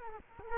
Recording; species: mosquito wingbeat signal from an infrared sensor; Culex quinquefasciatus